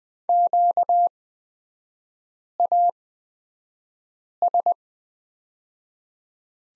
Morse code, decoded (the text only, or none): QAS